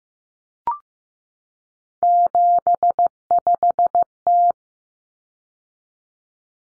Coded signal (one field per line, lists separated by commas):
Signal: Morse code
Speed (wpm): 15 wpm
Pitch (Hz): 700 Hz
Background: none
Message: 75T